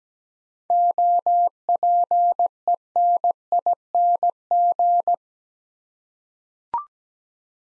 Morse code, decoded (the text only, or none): OPENING